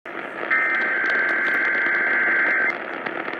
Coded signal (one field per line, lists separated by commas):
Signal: Emergency Alert System (SAME) tones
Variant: header bursts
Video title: New York Capital District August 2021 RMT(EAS 1,753)